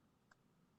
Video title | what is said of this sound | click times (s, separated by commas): RJ's Live on Knife Delights | when it clicks into place. | 0.3 s